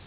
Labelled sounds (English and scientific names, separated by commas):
Worm-eating Warbler (Helmitheros vermivorum) flight call